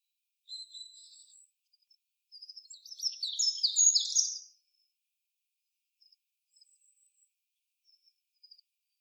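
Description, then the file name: Eurasian wren song: a thin high whistle, then a fast, loud burst of high trills and chattering notes lasting about two seconds, followed by a few faint ticks. "Troglodytes troglodytes"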